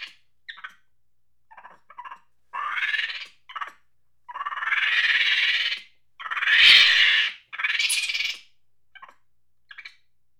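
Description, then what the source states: Monkey giving harsh, screechy chatter in short bursts and longer rasping screams, loudest around the middle, with brief quiet gaps between outbursts. Angry chatter.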